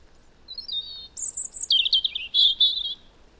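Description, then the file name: European robin: thin opening notes rising into high whistles, then a liquid, stuttering trill of many quick, bright notes. "Erithacus rubecula"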